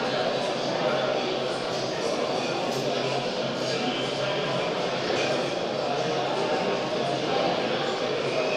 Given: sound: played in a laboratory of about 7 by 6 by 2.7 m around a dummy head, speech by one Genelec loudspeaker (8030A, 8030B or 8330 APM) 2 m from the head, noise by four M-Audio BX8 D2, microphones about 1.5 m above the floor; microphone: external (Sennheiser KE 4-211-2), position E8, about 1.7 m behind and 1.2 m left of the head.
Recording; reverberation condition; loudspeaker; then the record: cafeteria noise; high; four, about 170 cm from the corners of the room and facing them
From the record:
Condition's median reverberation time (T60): about 1300 ms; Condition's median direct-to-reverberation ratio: about -4.0 dB